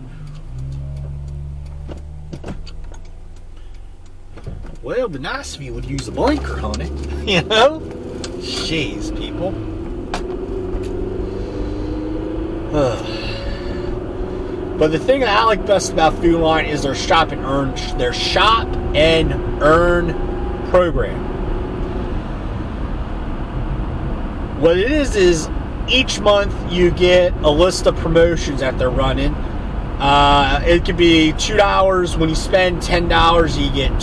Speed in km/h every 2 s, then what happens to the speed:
0, 0, 0, 16, 32, 47, 61, 69, 77, 82, 87, 89, 87, 90, 90, 89, 89.
0-4 standing. 4-21 pulls away to 89. 21-34 steady at about 89.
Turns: none.